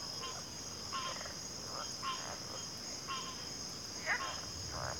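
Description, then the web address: Crickets in a steady, high, unbroken trilling chorus, with several short calls breaking in. Cricket chorus recorded at a backwater. "WLL Grade 1-12 Pre-Uni Library Enter Natures Songs Sleep Sounds of Nature CRICKETS 03 Backwater Chorus"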